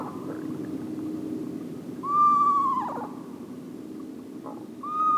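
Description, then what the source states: Eastern Screech Owl with a faint note at the start, then a full wavering whistle that trails downward, and a third call starting just before the end. Very tiny owl, common in forests, supremely camouflaged, nests in cavities and rarely seen; calls described as eerie.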